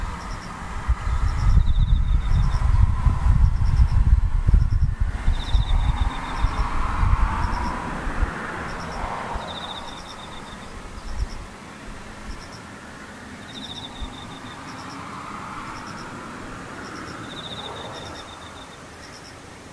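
Insects call in a steady, evenly spaced series of short, high chirps, with a slightly lower trill returning every four to five seconds. A low rumble fills the first six seconds, then fades, leaving a soft hiss under the calls.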